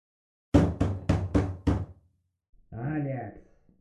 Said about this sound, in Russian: Кофеварка громко зашипела и фыркнула, а через секунду в мою дверь кто-то нагло и требовательно застучал, заставив меня непроизвольно нахмуриться.